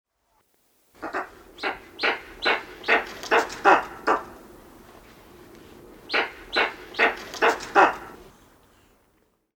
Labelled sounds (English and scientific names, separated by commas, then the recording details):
Eastern Imperial Eagle (Aquila heliaca)
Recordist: Tembrock, Günter
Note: Lautfolge